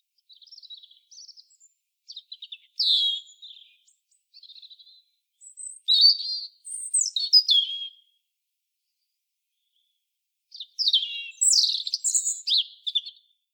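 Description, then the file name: European robin singing varied high, liquid phrases of thin whistles and quick twitters, with a short pause before a final sweet, tumbling burst. "Erithacus rubecula"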